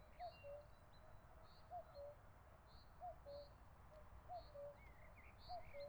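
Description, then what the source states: Common cuckoo calling its two-note falling cu-coo, repeated about every one and a quarter seconds, with faint high chirps of other birds behind. Recorded with a TASCAM recorder.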